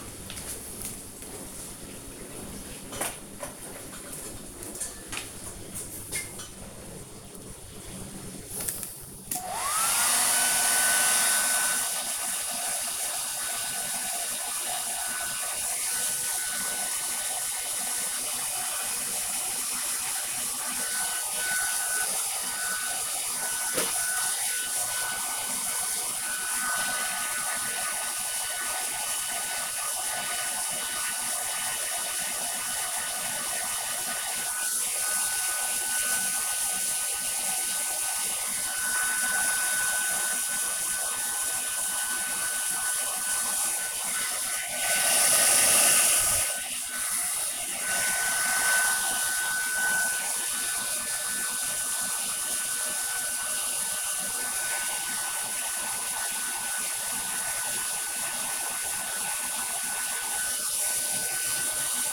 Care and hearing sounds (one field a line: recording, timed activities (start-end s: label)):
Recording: household activities, microphone on the right wrist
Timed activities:
0.00-62.13 s: kitchen
16.01 s: note: using hairdryer